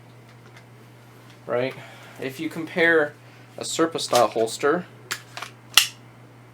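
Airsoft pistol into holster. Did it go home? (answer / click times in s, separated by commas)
yes / 5.8 s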